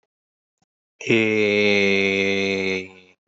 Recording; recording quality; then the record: sustained vowel as in made; excellent, no background noise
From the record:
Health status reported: healthy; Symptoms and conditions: cough, sore throat, diarrhoea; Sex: male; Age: 26 years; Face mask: not worn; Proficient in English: yes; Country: India